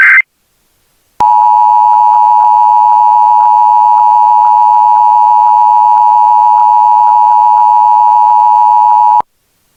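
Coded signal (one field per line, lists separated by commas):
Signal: Emergency Alert System (SAME) tones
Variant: 853 and 960 Hz attention tone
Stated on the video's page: Amber alert carried on an Xfinity cable system.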